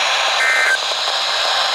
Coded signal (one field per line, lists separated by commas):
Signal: Emergency Alert System (SAME) tones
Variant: end-of-message bursts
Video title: THE DIKK AND BAWLZ STORM... EAS Alerts from 5/21/22 (EAS #7,004 - 7,022)